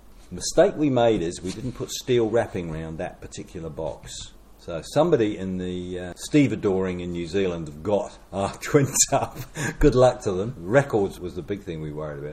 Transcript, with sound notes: The mistake we made is we didn’t put steel wrapping round that particular box, so somebody in the stevedoring in New Zealand, have got our twin tub. [Chuckle] Good luck to them. Records was the big thing we worried about;